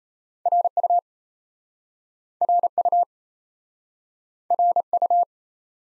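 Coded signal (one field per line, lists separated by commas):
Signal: Morse code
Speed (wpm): 38 wpm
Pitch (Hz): 700 Hz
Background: none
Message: R U R U R U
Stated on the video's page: Speed-Racing Morse practice of two letter-number combinations, starting at 1.5 times the 28 wpm base speed, slowing down, with a final repeat at maximum speed.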